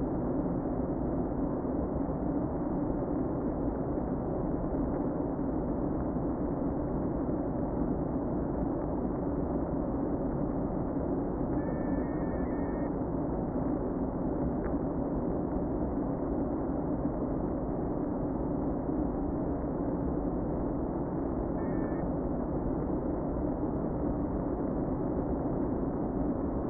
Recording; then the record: honeybee colony, microphone inside the hive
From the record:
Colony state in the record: queen present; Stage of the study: before two queens were removed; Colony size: about 60,000 bees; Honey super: yes